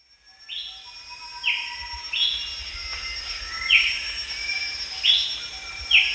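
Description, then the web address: Moustached babbler calls: short whistled notes given every second or so over a steady high insect drone. Recorded at Danum on 1 January 2008. "DANUM 20080101. moustached babbler"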